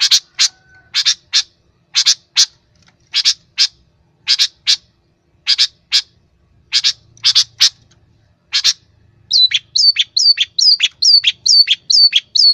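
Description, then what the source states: Long-tailed shrike singing sharp chip notes in pairs and threes, then switching to a quick, even series of high down-slurred whistles. Long-tailed shrike song, used to train cage birds.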